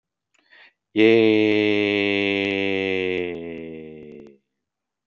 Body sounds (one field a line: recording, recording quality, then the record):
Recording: sustained vowel as in made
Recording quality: excellent, no background noise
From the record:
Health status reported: healthy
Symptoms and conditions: diabetes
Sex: male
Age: 50 years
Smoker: not ticked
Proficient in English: yes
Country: United States